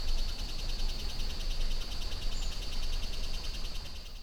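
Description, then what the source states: Insects producing a steady high pulsing buzz over a continuous low rumble of flowing water. Insect chatter swelling in Costa Rica jungle rainforest beside a river at 06:32 AM; recorded with a Holophone.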